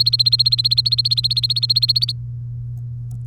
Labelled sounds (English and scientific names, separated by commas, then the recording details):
Domestic Canary (Serinus canaria) song
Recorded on 3 May 2018 at 10:24
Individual llb3